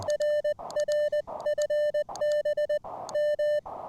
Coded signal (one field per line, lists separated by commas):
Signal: Morse code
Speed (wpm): 20 wpm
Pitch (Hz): 600 Hz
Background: none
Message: RR FB M